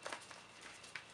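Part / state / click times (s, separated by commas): foam pump cap onto hair colour applicator bottle / seated / 1.0 s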